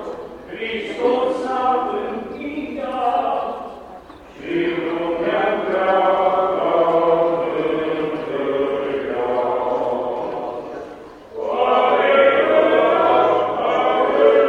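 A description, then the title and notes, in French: A sound postcard of Bucharest, filled with voices: overlapping talk runs almost without pause and holds a fairly even level. It drops briefly just before four seconds and again near eleven seconds, then resumes strongly. A faint low rumble sits underneath. Carte postale sonore de Bucarest.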